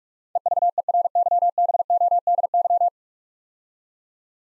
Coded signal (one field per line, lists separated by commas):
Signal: Morse code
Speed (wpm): 44 wpm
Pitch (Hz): 700 Hz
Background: none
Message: EVERYBODY